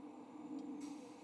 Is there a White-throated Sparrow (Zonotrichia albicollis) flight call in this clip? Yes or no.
no